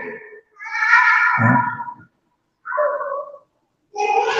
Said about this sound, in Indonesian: Kita kalah dengan suara anak kecil, Pak. Tanpa mik bisa menjerit seperti itu.